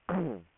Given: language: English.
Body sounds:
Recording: throat vibration sensor signal played as sound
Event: throat clearing

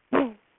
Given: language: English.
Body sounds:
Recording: throat vibration sensor signal played as sound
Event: throat clearing

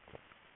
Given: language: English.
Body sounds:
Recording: throat vibration sensor signal played as sound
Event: swallow

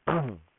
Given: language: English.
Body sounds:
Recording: throat vibration sensor signal played as sound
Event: throat clearing

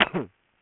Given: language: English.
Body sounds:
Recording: throat vibration sensor signal played as sound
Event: cough

